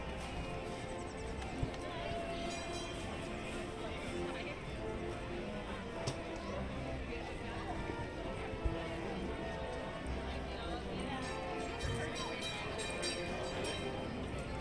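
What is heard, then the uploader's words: A walk through a busy theme park, full of steady, dense crowd chatter from many voices. Short sharp clicks or knocks stand out now and then, around 2, 6, 9 and 12 seconds, over a constant low outdoor hum. Disneyland Park Binaural Walk Through. A relaxing audio journey through Disneyland park in Anaheim, California.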